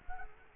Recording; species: mosquito wingbeat signal from an infrared sensor; Culex quinquefasciatus